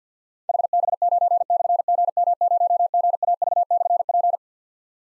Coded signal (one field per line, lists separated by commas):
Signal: Morse code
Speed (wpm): 53 wpm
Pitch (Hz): 700 Hz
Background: none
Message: HB9/GM0GAV/P